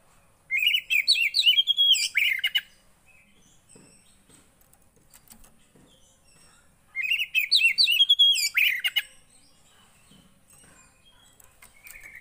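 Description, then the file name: Oriental magpie-robin song: two loud bursts of varied whistles and rapid trills, each about two seconds long, separated by a quiet pause of several seconds. Oriental magpie-robin (kacer) song played to provoke a caged bird into an emotional response. "Burung kacer anda langsung emosi dengar ini"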